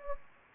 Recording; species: mosquito wingbeat signal from an infrared sensor; Anopheles gambiae